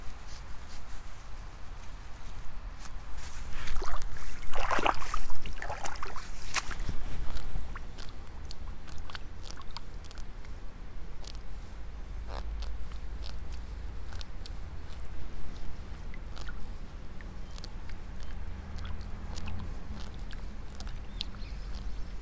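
Someone works in a flooded rice seedbed, pulling seedlings out one at a time. Sharp little snaps and wet splashes come irregularly throughout, busiest and loudest between about four and seven seconds, over a steady low rumble that never stops.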